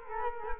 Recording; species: mosquito wingbeat signal from an infrared sensor; Culex quinquefasciatus